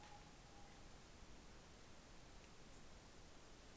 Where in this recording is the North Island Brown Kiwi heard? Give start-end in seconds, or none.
none